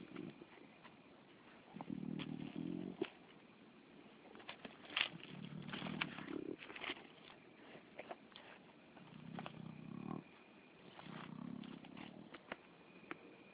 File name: Spotted Hyena Grunting (Crocuta crocuta)